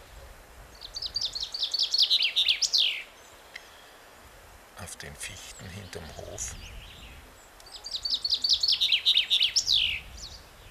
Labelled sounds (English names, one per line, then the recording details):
Common Chaffinch song
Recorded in the wild
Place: Oberstdorf, Bayern, DE
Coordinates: 47.4147, 10.2353
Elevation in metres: 871
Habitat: mountains
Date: 1985-04-02
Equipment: Uher 4000 Report, Sennheiser MKH 815 T
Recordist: Tretzel, Erwin